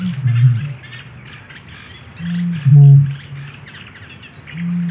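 Bittern booming, several deep, hollow, low-pitched booms, the loudest near the middle, with faint higher birdsong in the background.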